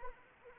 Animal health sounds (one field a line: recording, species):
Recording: mosquito wingbeat signal from an infrared sensor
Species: Anopheles arabiensis